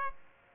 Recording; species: mosquito wingbeat signal from an infrared sensor; Aedes aegypti